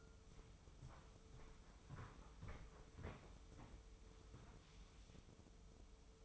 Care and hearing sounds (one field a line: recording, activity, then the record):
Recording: daily activity, microphone in the room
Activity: walk to room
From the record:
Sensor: 1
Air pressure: 995.6 hPa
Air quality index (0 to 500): 36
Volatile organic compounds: 1 ppm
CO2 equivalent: 624 ppm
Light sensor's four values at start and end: 31/106/40/42 and 30/105/40/42